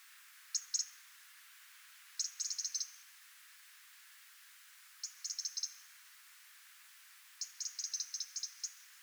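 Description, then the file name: European robin producing four bursts of hard, high-pitched ticks, the last and longest a rapid run of many clicks. "Erithacus rubecula"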